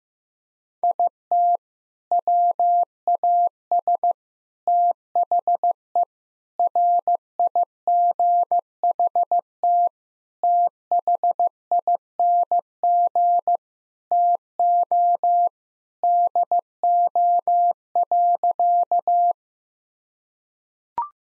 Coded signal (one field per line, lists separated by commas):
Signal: Morse code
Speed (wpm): 16 wpm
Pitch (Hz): 700 Hz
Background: none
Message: IT WAS THE RIGHT THING TO DO.